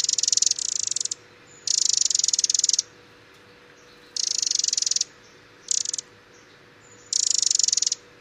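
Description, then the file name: Eurasian wren giving dry, high churring rattles, mostly about a second long, repeated with short gaps, over a steady low hum. "Troglodytes troglodytes"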